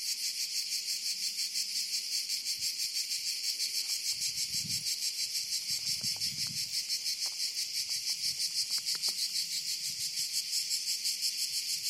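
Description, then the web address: Cicadas buzzing steadily in a shrill, pulsing drone at several beats per second, with a few soft low knocks near the middle. "chicharras"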